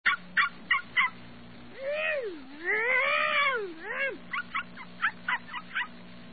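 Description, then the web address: Dog: puppy giving a run of short, sharp yips, then a long wavering whine that rises and falls, followed by more quick yelps. "clancy puppy"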